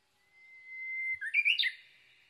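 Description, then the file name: Japanese bush warbler song: a long, flat whistle held for about a second, then a rapid, bright flourish of jumping notes at the end. Recorded 22 May 2011 at 05:58. "uguisu-20110522-0558"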